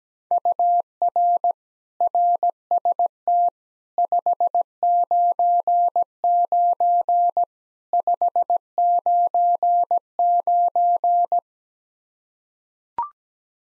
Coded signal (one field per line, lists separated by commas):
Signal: Morse code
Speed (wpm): 17 wpm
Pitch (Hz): 700 Hz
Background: none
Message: UR RST 599 599